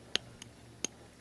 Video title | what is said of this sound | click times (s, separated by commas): TIMGUX CRRJU Men's Large Face Analog Quartz Watch Review | there's two clicks | 0.2 s, 0.8 s